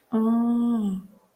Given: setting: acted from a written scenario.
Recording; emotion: vocal sound without words; realization